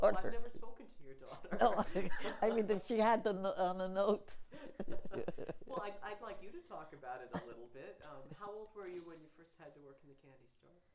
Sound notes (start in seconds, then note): 1.3 chuckles; 4.5 chuckles